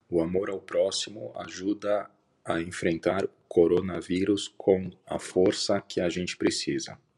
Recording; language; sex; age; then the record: spoken sentence; Brazilian Portuguese; male; 40 to 49 years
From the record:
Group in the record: control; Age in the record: 40 years